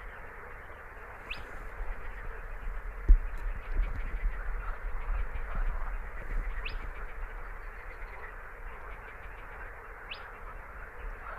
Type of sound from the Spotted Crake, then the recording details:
song. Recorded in the wild. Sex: male. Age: adult. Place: Teerofenbrücke, Nationalpark Unteres Odertal, Brandenburg, DE. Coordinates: 53.1311, 14.3517. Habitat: wetland. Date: 2013-05-04 22:26. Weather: clear, windless, 5°C. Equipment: Sound Devices 702, Sennheiser MKH 70, Rycote Windschutz. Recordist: Frommolt, Karl-Heinz. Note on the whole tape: Gesang eines Tüpfelsumpfhuhnes